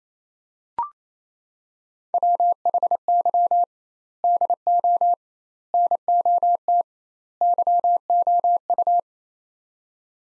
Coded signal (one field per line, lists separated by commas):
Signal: Morse code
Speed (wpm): 28 wpm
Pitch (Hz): 700 Hz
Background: none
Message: WHY DO NOT YOU